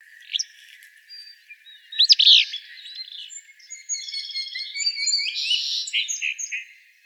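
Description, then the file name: Willow flycatcher giving one loud, sneezy, buzzy burst near the middle, set among other birds' overlapping high trills, buzzes and thin whistles throughout. Recorded in Arizona on 23 May 2008. "WIFL 6 deviche"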